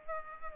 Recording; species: mosquito wingbeat signal from an infrared sensor; Culex pipiens